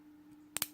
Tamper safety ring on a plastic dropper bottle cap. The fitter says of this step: we're going bust this open you should hear a pop as soon as it does hit right there